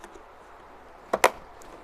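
A second RAM module is pushed into its motherboard DIMM slot the same way as the first. A short snap at 1.1 s is followed by a sharp, loud click at 1.2 s, with faint ticks before and after. The click means the module is seated, and it went into place easily.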